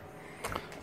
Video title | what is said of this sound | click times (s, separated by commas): Super Deal Outdoor Collapsible Utility Wagon Review | it locks into place when you're not using it and when you need it it just comes apart like that | 0.6 s